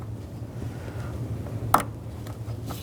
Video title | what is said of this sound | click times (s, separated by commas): How To Replace Ignition Coils 2010-16 Buick Lacrosse | Make sure it locks in place. | 1.7 s